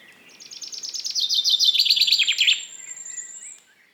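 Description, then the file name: Common chaffinch song: a fast, bright trill of repeated notes that drops in pitch, ending in a short flourish, followed by a thin high whistle, over a quiet background. "Fringilla coelebs"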